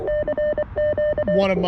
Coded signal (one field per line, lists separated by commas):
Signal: Morse code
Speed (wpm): 25 wpm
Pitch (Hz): 600 Hz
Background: speech, radio noise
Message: CQ